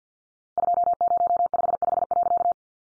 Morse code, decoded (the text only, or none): 2055.